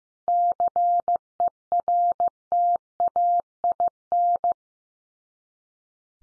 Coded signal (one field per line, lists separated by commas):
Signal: Morse code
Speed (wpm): 15 wpm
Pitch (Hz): 700 Hz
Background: none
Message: CERTAIN